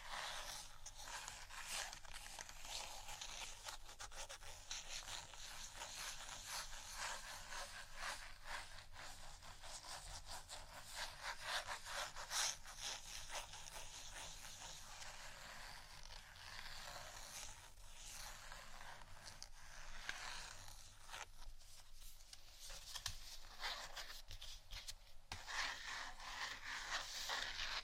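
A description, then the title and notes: Continuous scratching fills the whole 28 seconds, a dense, gritty rasping made of rapid strokes that blur together. The sound is bright and hissy with little low end, holding a fairly even level, with slightly sharper bursts around twelve, twenty-two and twenty-five seconds. ASMR Scratching Only（No Talking）.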